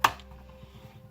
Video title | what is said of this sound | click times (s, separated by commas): Playmobil Ghostbusters Ecto-1 Unboxing Assembly and Review! Playmobile Ghostbusters | It opens up like this, and it'll just snap into place. | 0.1 s